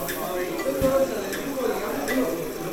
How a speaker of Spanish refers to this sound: Como un silbido, viene una fritura, un burbujeo.